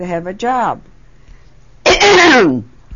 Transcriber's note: she clears her throat